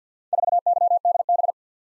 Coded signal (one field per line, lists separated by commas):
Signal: Morse code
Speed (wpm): 52 wpm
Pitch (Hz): 700 Hz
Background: none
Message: 4YDB